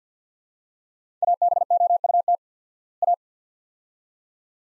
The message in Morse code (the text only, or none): ABOUT A